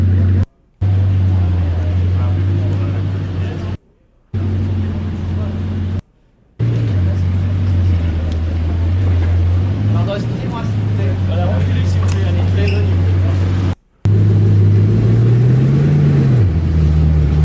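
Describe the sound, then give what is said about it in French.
A Bugatti Chiron supercar engine rumbles at a deep, steady idle, broken by a few short silent gaps, then revs briefly so its low drone rises in pitch and falls back near the end. “Il y a une Bugatti Chiron qui est arrivée à Monaco. C'est ça, la voiture que vous avez entendue tout à l'heure. Laissez-moi vous faire écouter ça. Écoutez le beau son. Je vais vous l'avancer, là, parce qu'elle ne bouge pas.”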